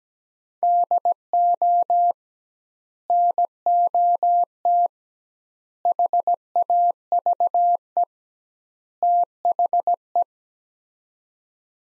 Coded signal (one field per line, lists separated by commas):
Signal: Morse code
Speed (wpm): 17 wpm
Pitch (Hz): 700 Hz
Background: none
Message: DO NOT HAVE THE